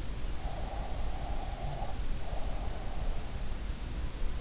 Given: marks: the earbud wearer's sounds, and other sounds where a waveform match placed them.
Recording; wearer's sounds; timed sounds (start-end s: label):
sounds in sleep by an in-ear microphone; breath
0.53-3.03 s: breath